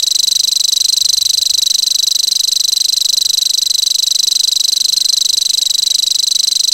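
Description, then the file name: Common grasshopper warbler, a monotonous high-pitched insect-like reel of rapid regular pulses, sustained throughout without pause. "grasshopper warbler omkicau"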